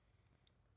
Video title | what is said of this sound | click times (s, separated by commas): Sig Sauer Sp2022 9MM | push forward once you hear that click that means that your spring is in place with | 0.5 s